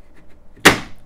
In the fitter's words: you just push it like this hear that snap that's how you cover your scanning plate